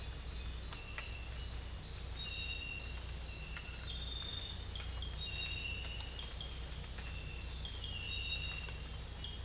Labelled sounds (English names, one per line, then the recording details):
none
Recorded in dense forest near Puerto Asís, Putumayo, Colombia, on 22 December 2024 at 02:30
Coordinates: 0.486, -76.317
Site G003